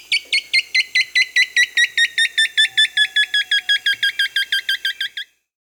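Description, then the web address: Spix's woodcreeper song: a steady, even series of many clear, bright notes, ending abruptly. Amazon, Peru. "Natures Songs S America Birds of the Amazon 2. Spix's Woodcreeper (Xiphorhynchus spixii), Peru"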